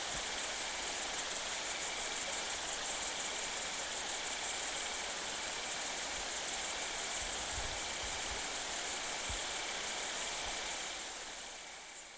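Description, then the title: Bush-cricket song, a continuous high buzzing trill pulsing rapidly, with a quieter lower cricket trill running underneath. Saignon, Vaucluse, September 2000; Italian tree crickets also singing. "Sylvain Jaskowiak - Animus. Grandes sauterelles vertes, grillons d'Italie et decticelles - Saignon, Vaucluse - septembre 2000"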